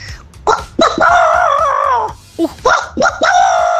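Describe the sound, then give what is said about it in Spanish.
A person loudly imitates a rooster crowing: a few short rising yelps, then a long wavering cock-a-doodle-doo, followed by several more choppy, strained crowing bursts. “ahí va mi gallo.”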